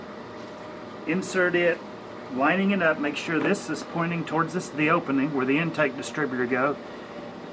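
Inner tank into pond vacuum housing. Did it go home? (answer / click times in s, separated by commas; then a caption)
no / none. Someone talks while lining up the plastic inner tank of an OASE Pondovac 4 pond vacuum with the intake distributor opening and inserting it into the vacuum's housing during a flap replacement, over a steady low background hum. The tank has not yet snapped into place; nothing has seated or clicked by the end of the clip.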